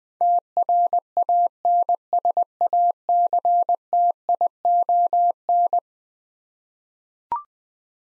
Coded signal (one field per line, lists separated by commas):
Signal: Morse code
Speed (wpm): 20 wpm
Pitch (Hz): 700 Hz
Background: none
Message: TRANSACTION